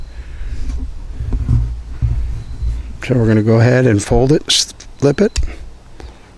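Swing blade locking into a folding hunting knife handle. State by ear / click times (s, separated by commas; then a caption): seated / 6.0 s. Someone talks while the swing blade of a folding hunting knife is folded and flipped at the press of a button so the gut hook side comes out. A sharp, short click at 6.0 s marks the blade locking into place in the handle.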